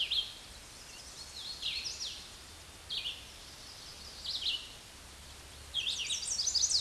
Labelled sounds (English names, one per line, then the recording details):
Hooded Warbler song
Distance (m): 45 m
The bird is about 15 m above the microphone
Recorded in a Pennsylvania forest on 16 May 2024 at 08:17
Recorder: AudioMoth, point MSD-2258
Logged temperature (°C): 15.2 °C
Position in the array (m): 169 m, 121 m